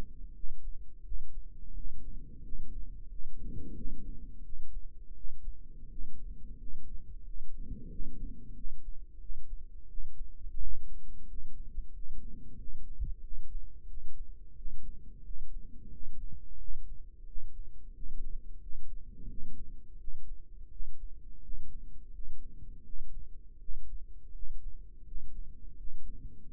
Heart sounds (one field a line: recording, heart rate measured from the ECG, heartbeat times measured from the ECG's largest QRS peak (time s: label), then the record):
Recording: heart sounds by microphone in the right ear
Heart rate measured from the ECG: 87 bpm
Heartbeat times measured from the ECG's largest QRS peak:
0.33 s: heartbeat
1.03 s: heartbeat
1.73 s: heartbeat
2.41 s: heartbeat
3.08 s: heartbeat
3.74 s: heartbeat
4.42 s: heartbeat
5.13 s: heartbeat
5.88 s: heartbeat
6.57 s: heartbeat
7.23 s: heartbeat
7.88 s: heartbeat
8.54 s: heartbeat
9.18 s: heartbeat
9.87 s: heartbeat
10.58 s: heartbeat
11.26 s: heartbeat
11.92 s: heartbeat
12.56 s: heartbeat
13.20 s: heartbeat
13.86 s: heartbeat
14.54 s: heartbeat
15.22 s: heartbeat
15.90 s: heartbeat
16.57 s: heartbeat
17.25 s: heartbeat
17.92 s: heartbeat
18.59 s: heartbeat
19.27 s: heartbeat
19.96 s: heartbeat
20.69 s: heartbeat
21.41 s: heartbeat
22.11 s: heartbeat
22.82 s: heartbeat
23.58 s: heartbeat
24.31 s: heartbeat
25.04 s: heartbeat
25.75 s: heartbeat
26.47 s: heartbeat
From the record:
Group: healthy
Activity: cold pressor test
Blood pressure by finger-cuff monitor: 127/67 mmHg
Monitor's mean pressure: 83 mmHg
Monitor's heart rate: 89 bpm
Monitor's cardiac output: 9.4 L/min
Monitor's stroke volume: 107 mL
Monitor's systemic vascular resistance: 640 dyn s/cm5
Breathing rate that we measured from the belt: 15 breaths a minute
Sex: male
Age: 24 years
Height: 184 cm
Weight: 89 kg